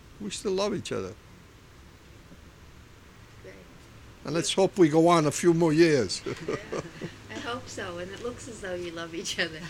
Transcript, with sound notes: we still love each other. And let's hope we go on a few more years. ( he laughs )
I hope so. And it looks as though you love each other.